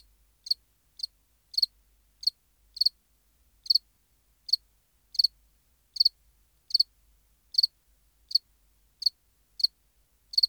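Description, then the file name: House cricket chirping: brief high-pitched pulsed chirps at short, slightly uneven intervals, some doubled, against near silence. "Acheta domesticus"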